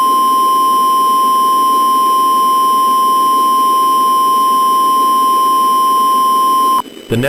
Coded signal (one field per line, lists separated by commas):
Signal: Emergency Alert System (SAME) tones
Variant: 1050 Hz attention tone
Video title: EAS Mock: Dam Break Warning for baldi’s schoolhouse in southern stormyland